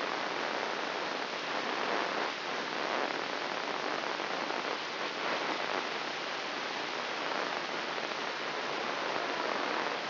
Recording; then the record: brain microelectrode recording played as sound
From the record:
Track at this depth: inside the subthalamic nucleus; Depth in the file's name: 1.912 mm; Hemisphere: left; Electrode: 3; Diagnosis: Parkinson's disease